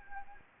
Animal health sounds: mosquito wingbeat signal from an infrared sensor; Anopheles gambiae

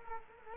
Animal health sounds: mosquito wingbeat signal from an infrared sensor; Culex quinquefasciatus

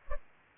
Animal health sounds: mosquito wingbeat signal from an infrared sensor; Culex pipiens

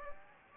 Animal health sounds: mosquito wingbeat signal from an infrared sensor; Anopheles gambiae

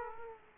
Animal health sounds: mosquito wingbeat signal from an infrared sensor; Aedes aegypti

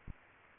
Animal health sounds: mosquito wingbeat signal from an infrared sensor; Aedes aegypti

